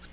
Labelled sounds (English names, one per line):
Nashville Warbler flight call